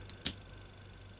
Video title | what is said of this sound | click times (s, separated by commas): Triang T90 'JINTY' Part II Track, Wagons, Rolling Stock | ease it into this cavity and i should hear the tongue clicking into place | 0.3 s